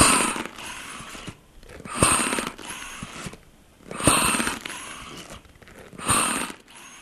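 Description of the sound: Rhythmic mechanical hissing cycles recur about every two seconds, roughly 30 per minute, each opening with a sharp click and a louder rush of air that fades into a steady hiss. This is a mechanical ventilator delivering breaths.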